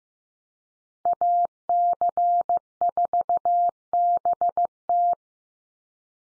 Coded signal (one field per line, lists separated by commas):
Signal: Morse code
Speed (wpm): 15 wpm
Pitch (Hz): 700 Hz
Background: none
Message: AC4BT